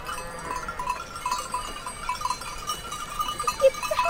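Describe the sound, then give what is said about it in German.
A flock of dark brown and white sheep bleating as they move up and down a mountain slope at about 2500 metres in the Swiss Alps, several overlapping wavering calls rising and falling over a steady outdoor hiss, with a faint clink like a bell now and then. “Endlich kommen die Schafe in Sicht.”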